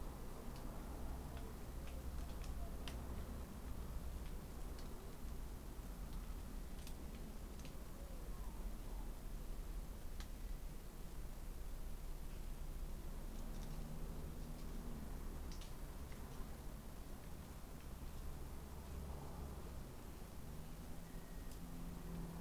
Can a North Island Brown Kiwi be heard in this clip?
no